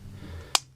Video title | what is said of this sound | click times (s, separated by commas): ruger sr1911---takedown and internals | So to prevent that, you're going to put your thumb over it just like that, and you're going to turn the bushing until it clicks, and then you're going to slowly bring this out | 0.6 s